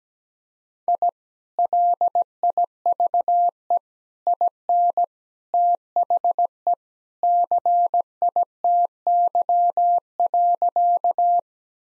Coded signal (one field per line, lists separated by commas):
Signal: Morse code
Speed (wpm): 17 wpm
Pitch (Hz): 700 Hz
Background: none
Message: I LIVE IN THE CITY.